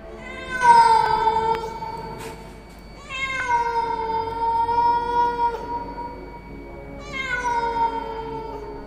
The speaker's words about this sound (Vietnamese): Phía nhà chú Tư vọng lại tiếng gọi nho nhỏ cùng với tiếng con mèo đen vẫn kêu đâu đó.